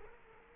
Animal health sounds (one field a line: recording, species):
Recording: mosquito wingbeat signal from an infrared sensor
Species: Culex quinquefasciatus